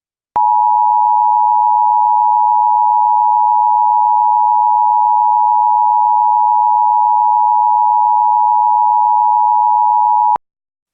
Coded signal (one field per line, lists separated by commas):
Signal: Emergency Alert System (SAME) tones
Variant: 853 and 960 Hz attention tone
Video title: The Boston Molassacre - EAS Mock Scenario